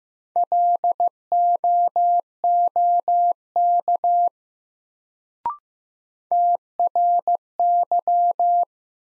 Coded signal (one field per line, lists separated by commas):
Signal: Morse code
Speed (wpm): 15 wpm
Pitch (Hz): 700 Hz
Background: none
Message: LOOK TRY